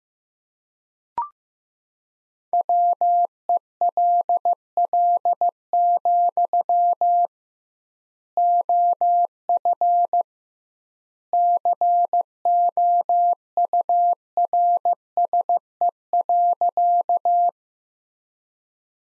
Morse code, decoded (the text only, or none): WELL, OF COURSE.